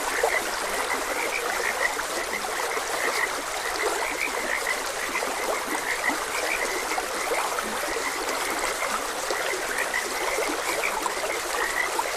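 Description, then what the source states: Frog chorus of overlapping short chirps, steady throughout, with a flowing stream hissing beneath. Frogs croaking beside a gentle stream.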